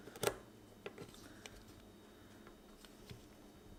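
An old lock cylinder, brass piece on the bottom, is handled against a new glove box latch assembly for a Miata, producing a few faint ticks and taps over a quiet background, with the sharpest at about 0.3 s and others near 0.2, 0.9, 1.5 and 2.9 s. Nothing has seated or clicked yet; the cylinder is not yet home in the latch.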